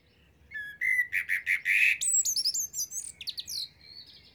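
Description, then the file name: Common blackbird song: a series of low, fluty whistled notes flows straight into a rapid string of high, thin twittering squeaks that fade out. "Turdus merula"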